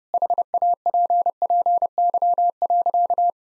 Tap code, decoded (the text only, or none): none